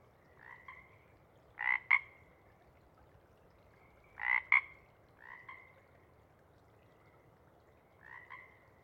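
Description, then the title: Pacific chorus frog calls, a few two-part ribbit-like croaks, some loud double notes and some fainter ones, separated by pauses over a quiet background. Sparse chorus of a few males still calling to attract mates before dawn as light appears, after most have returned to burrows. "Chorus Frogs, Sparse, pre-Dawn"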